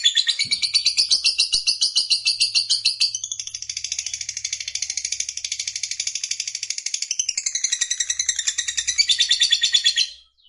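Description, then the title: Lovebird song of rapid, squeaky, buzzy notes run together without pause, shifting to a harsher, denser chatter partway and stopping abruptly at the end. Lovebird of fighter type, singing energetically (gacor). "Berkat SUARA Lovebird FIGHTER GACOR Ini"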